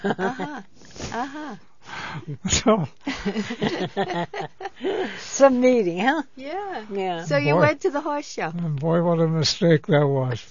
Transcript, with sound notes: Uh-huh, uh-huh.
So... ( they laugh )
Some meeting, huh.
So you went to the horse show.
And, boy, what a mistake that was.